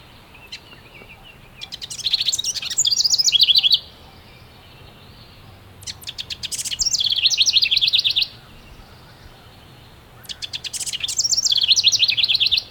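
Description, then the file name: House wren singing three bursts, each opening with scratchy buzzy chatter and running into a quick bubbling series of high warbled notes. "Troglodytes aedon - House Wren"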